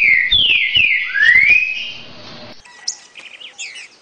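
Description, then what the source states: Green-winged saltator song: loud, rich whistled slurs, falling then sweeping upward over about two and a half seconds, followed by quieter high chirps from other birds. Part of a collection of Brazilian birds.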